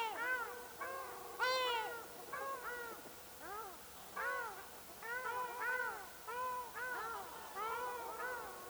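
Ruddy shelduck calls: drawn-out nasal honks rising and falling, given in quick overlapping series by more than one bird.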